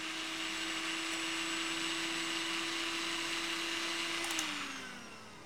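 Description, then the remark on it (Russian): A kitchen blender switched on in a kitchen whirs at a steady, loud, high-pitched drone for several seconds, then its motor winds down and the pitch drops as it stops. No voices. “Ариса включает блендер.”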